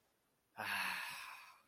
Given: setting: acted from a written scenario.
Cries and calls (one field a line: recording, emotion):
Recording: vocal sound without words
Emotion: contentment